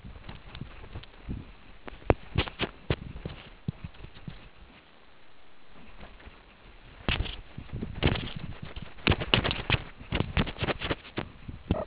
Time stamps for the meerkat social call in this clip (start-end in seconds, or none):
none